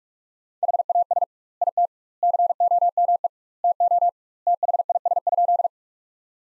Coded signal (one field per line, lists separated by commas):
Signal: Morse code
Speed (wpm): 46 wpm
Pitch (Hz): 700 Hz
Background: none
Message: HAS IT COME TO THIS?